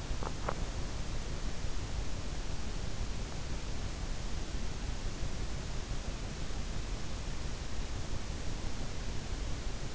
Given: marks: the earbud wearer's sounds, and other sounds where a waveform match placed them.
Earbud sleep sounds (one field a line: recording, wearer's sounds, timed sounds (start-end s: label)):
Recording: sounds in sleep by an in-ear microphone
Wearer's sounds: teeth grinding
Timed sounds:
0.00-0.76 s: teeth grinding